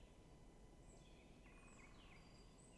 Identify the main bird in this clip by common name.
Great Spotted Woodpecker